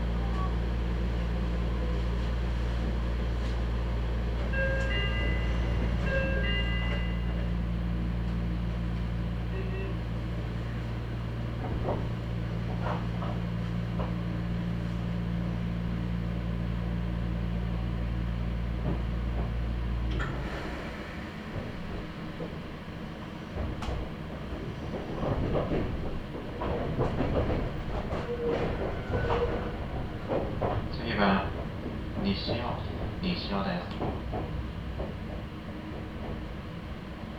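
A ride on a Meitetsu Nishio Line train. For the first twenty seconds a steady low hum fills the car, with a brief chime-like tone near the start; then the hum drops away, giving way to irregular clattering, knocks and occasional faint voices.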